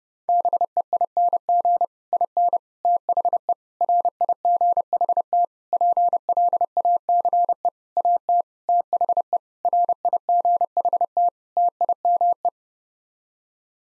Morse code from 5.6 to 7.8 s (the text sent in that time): PLACE